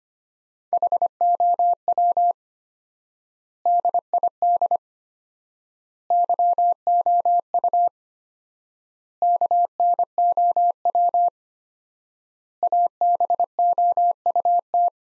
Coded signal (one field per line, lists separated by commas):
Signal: Morse code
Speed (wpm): 25 wpm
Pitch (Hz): 700 Hz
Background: none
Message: HOW DID YOU KNOW ABOUT